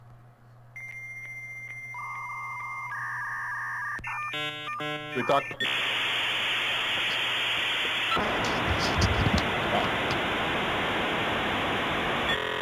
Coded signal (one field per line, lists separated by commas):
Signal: dial-up modem handshake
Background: speech